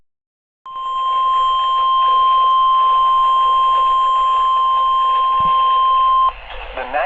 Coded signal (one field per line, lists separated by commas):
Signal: Emergency Alert System (SAME) tones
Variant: 1050 Hz attention tone